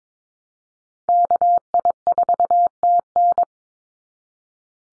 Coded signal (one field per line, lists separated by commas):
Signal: Morse code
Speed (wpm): 22 wpm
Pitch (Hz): 700 Hz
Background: none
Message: KI4TN